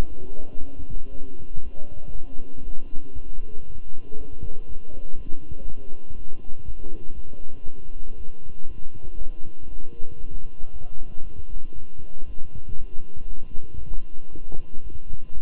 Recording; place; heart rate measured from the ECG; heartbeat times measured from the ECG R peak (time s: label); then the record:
heart sounds by stethoscope; between the tricuspid and mitral areas; 118 bpm
0.08 s: heartbeat
0.59 s: heartbeat
1.11 s: heartbeat
1.62 s: heartbeat
2.13 s: heartbeat
2.64 s: heartbeat
3.15 s: heartbeat
3.66 s: heartbeat
4.17 s: heartbeat
4.67 s: heartbeat
5.16 s: heartbeat
5.66 s: heartbeat
6.16 s: heartbeat
6.66 s: heartbeat
7.15 s: heartbeat
7.65 s: heartbeat
8.16 s: heartbeat
8.67 s: heartbeat
9.17 s: heartbeat
9.68 s: heartbeat
10.20 s: heartbeat
10.72 s: heartbeat
11.22 s: heartbeat
11.74 s: heartbeat
12.26 s: heartbeat
12.77 s: heartbeat
13.28 s: heartbeat
13.79 s: heartbeat
14.31 s: heartbeat
14.82 s: heartbeat
15.33 s: heartbeat
From the record:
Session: walking at 3.7 km/h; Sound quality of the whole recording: good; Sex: male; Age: 23 years